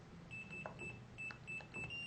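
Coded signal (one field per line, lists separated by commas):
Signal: none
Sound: door lock beeps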